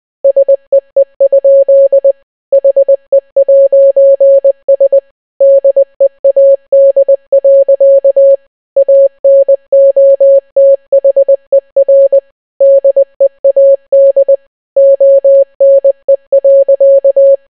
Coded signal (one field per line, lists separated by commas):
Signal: Morse code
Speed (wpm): 20 wpm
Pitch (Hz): 550 Hz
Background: none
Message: SEE? HE'S DEAD. ANOTHER DEAD ONE.